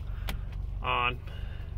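An aftermarket steering wheel is handled onto a Works Bell quick-release hub on the steering column of a Subaru BRZ or Toyota 86. Over a steady low rumble, a sharp tap sounds at 0.3 s and a brief harmonic tone rings from about 0.9 to 1.1 s while someone talks. Nothing has seated or clicked yet.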